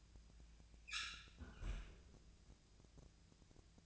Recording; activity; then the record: daily activity, microphone in the room; close fridge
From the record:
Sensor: 2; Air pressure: 999.9 hPa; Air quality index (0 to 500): 123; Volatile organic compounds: 2 ppm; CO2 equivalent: 1055 ppm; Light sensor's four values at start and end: 32/80/34/38 and 32/81/35/38